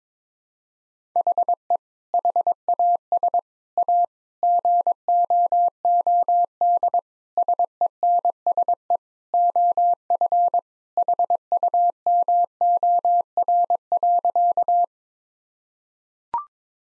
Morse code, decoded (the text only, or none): HE HAS A GOOD SENSE OF HUMOR.